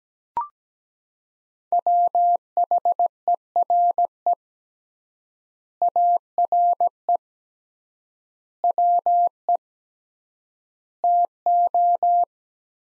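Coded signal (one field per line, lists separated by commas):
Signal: Morse code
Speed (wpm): 17 wpm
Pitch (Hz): 700 Hz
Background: none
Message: WHERE ARE WE TO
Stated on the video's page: Morse practice sentences from the top 200 words at 17 wpm with 3x word spacing, a Farnsworth-like method using words.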